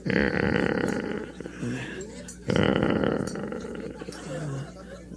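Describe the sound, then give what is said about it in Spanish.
Cows mooing: two long, loud, low groaning calls, each about a second and a half, with a short pause between them and quieter lowing trailing after each. “Ah, no, esas son vacas, ¿verdad?”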